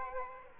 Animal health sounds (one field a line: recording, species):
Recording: mosquito wingbeat signal from an infrared sensor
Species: Aedes aegypti